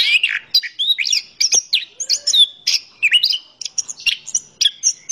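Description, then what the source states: Orange-headed thrush singing a rapid, varied run of whistles, trills and buzzy notes, phrases tumbling together with barely a pause throughout. Described as gacor, a term for a bird singing vigorously.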